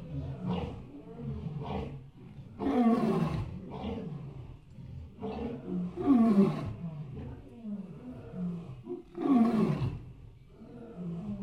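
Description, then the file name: Tiger giving deep, rough roars in close succession, louder surges around three, six and nine seconds over a continuous low rumble. Caged tiger in a zoo, roaring in apparent pain. "Tiger roaring painfully in zoo cage"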